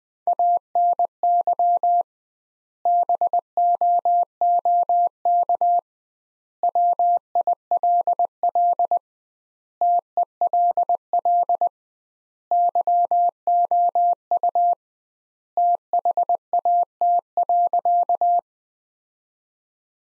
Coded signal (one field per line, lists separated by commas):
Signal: Morse code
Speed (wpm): 20 wpm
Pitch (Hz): 700 Hz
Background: none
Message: ANY BOOK WILL TELL YOU THAT.